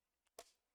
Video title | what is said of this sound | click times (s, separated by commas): [Twitch Stream 1.14.2024] Have you hurd the good gurd? More model building! | Nice. And it just pops right in. | 0.4 s